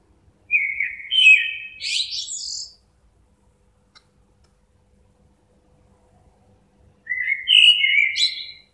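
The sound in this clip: Bird: two bright, fast twittering phrases of high chirps, each lasting about two seconds, with a long quiet gap between them.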